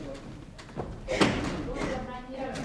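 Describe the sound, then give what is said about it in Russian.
A bathroom door slams shut with a single heavy thud about midway through, amid low rustling and faint murmuring voices in the background. “Брик быстро скрывается в ванной и захлопывает ее.”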